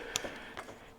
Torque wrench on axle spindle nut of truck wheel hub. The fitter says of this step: to 300, hear a click, and